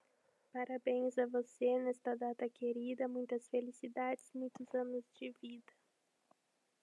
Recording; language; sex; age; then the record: short text; Brazilian Portuguese; female; 20 to 29 years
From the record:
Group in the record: control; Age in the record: 25 years